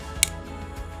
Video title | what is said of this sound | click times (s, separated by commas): How To Assemble - Quad Cane (300 lb) - By PELEGON | Once you hear the snap, tighten the locking knob by twisting it to the right. | 0.2 s